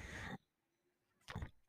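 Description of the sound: Two short, rushing, breathy bursts of air noise, about a second apart, with near-silence between them. This is the cycling sound of a person's own mechanical ventilator delivering breaths, heard in the background.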